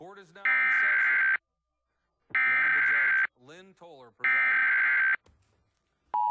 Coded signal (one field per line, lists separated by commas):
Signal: Emergency Alert System (SAME) tones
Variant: header bursts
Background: speech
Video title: National Emergency Alert System Test – WITI-TV 6, Milwaukee, WI (11/9/2011)